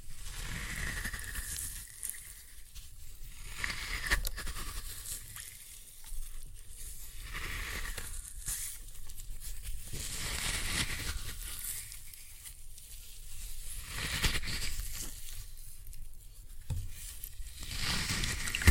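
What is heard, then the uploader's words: Floral foam is crushed in repeated bursts of crumbly, crackling texture, roughly every two to three seconds, with bright gritty detail throughout. Floral Foam Glitter Bomb Crushing.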